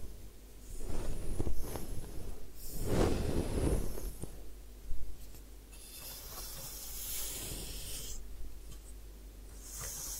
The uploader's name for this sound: Head Spa Hair Wash, Massage, Ear Cleaning